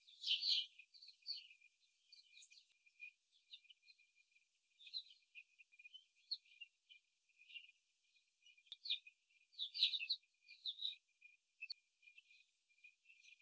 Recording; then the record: young laying hens in a cage, short pieces joined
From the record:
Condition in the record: before the stressor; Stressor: simulated dog barking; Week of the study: 3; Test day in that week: 2